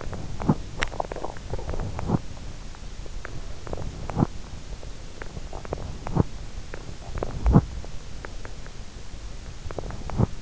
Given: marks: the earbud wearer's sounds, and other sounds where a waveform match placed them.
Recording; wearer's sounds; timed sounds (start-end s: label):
sounds in sleep by an in-ear microphone; teeth grinding
0.00-1.32 s: teeth grinding
1.34-2.29 s: teeth grinding
3.43-4.40 s: teeth grinding
5.42-6.35 s: teeth grinding
7.06-7.91 s: teeth grinding
9.58-10.42 s: teeth grinding